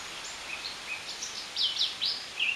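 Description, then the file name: Eurasian blackcap singing a quick run of varied whistled and warbled notes, some sliding and rising, growing louder toward the end over a faint background hiss. "Sylvia atricapilla"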